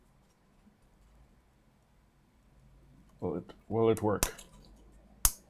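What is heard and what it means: A controller cable plug is pushed into a through-hole connector with retaining clips on a prototype board while someone talks. A single sharp click sounds at 5.2 s as the plug seats and is held by the clips.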